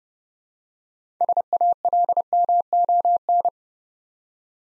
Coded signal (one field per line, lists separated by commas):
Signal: Morse code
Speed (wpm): 30 wpm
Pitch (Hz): 700 Hz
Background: none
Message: SALMON